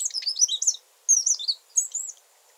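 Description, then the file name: Eurasian wren song fragments, three quick phrases of high, sharp warbled notes and twitters, each under a second long, separated by brief pauses. "Troglodytes troglodytes"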